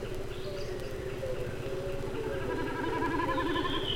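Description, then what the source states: Common snipe drumming: a wavering, bleating tremolo in rapid pulses that swells in the second half, over a steady low hum. Drumming made as the bird dives, its tail feathers vibrating; likened to a bleating lamb.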